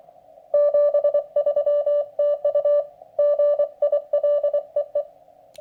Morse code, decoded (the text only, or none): 73 TU GIL EE